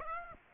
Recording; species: mosquito wingbeat signal from an infrared sensor; Aedes aegypti